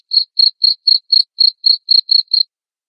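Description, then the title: Cricket giving ten quick high chirps in about two and a half seconds, evenly spaced, then quiet. Loud cricket chirping (ngerik) said to make lovebirds sing ngekek continuously. "Suara JANGKRIK NGERIK Keras Bikin LOVEBIRD Jadi NGEKEK Terus Vubey"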